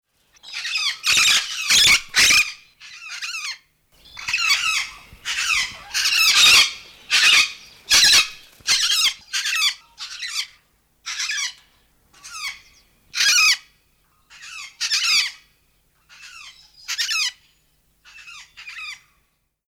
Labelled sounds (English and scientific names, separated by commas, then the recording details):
Major Mitchell's Cockatoo (Lophochroa leadbeateri)
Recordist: Tembrock, Günter
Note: Lautfolgen